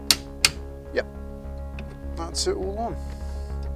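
A torque wrench is re-applied to the steering wheel retaining nut while fitting a wood rim steering wheel to a Rover Mini City, and it clicks again at its setting at 0.1 s, confirming the torque. A second sharp snap follows at 0.5 s over a steady low hum, then someone talks.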